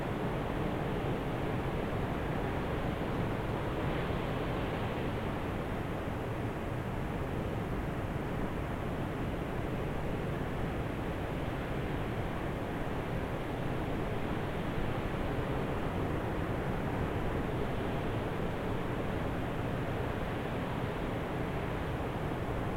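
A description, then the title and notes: Waves in the distance make a steady, dense roar from deep rumble up through a soft hiss, with almost no rise or fall across the whole stretch. A faint brighter flicker appears around four seconds, then the even wash carries on unchanged. A cliff by the sea on a mid-autumn day. It's the afternoon, the sun is setting over the hill and everything is starting to slow down...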